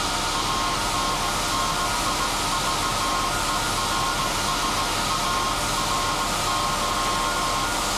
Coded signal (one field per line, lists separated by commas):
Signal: Morse code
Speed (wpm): 17 wpm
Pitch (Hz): 1070 Hz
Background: none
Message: ANNIVERSARY